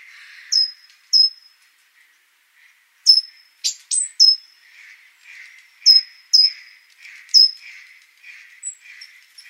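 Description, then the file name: Great tit calling with thin high notes in pairs and clusters, mixed with softer buzzy churring notes repeated steadily in the second half. "Parus major"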